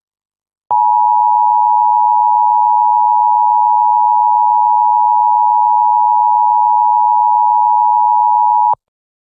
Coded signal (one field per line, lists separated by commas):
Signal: Emergency Alert System (SAME) tones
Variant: 853 and 960 Hz attention tone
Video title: EAS SCENARIO #3: Discord Suggestions (Requested)